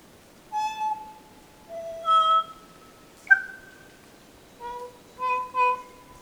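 Kokako song: slow, mellow held notes at shifting pitches, a sharp clipped note, then a short paired phrase.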